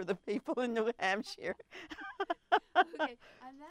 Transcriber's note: laughs